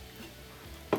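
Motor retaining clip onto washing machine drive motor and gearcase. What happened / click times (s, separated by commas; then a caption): The spring-steel retaining clip snapped into place on the motor / 0.9 s. While a Whirlpool washer's drive motor is held in position during a motor coupler repair, the bottom spring-steel retaining clip is pushed up over the motor onto the gearcase. After quiet low background noise, a single sharp click sounds at 0.9 s as the clip snaps into place. The retaining clip is seated.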